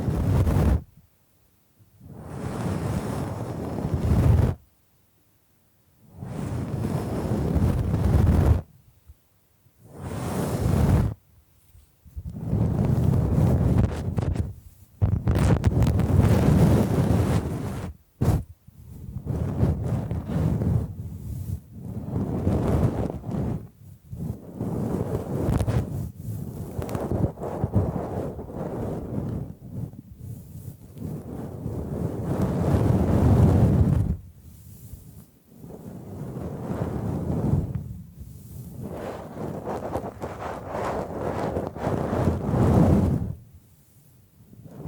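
Bamboo is brushed and scratched in long, rough sweeping strokes, each lasting a few seconds, separated by brief silences, with a dense airy rasp throughout.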